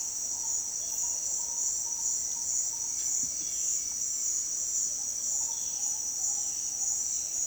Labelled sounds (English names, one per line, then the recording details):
Bare-faced Ibis
White-shouldered Antbird
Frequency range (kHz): White-shouldered Antbird 1.8-2.5 kHz
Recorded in dense forest near Puerto Asís, Putumayo, Colombia, on 20 February 2024 at 08:00
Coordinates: 0.466, -76.327
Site G6413